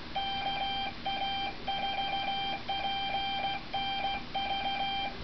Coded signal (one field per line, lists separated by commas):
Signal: Morse code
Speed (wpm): 16 wpm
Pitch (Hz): 3150 Hz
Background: none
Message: KA4PNV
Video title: KA4PNV John Lyons Old School classic Ham Radio shack ka4pnv.com